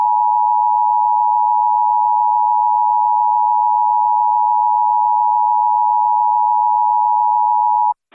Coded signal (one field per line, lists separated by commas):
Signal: Emergency Alert System (SAME) tones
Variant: 853 and 960 Hz attention tone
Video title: EAS Reenactment Mock: Gas Fire in Grand Prairie, TX - Apr 18, 2020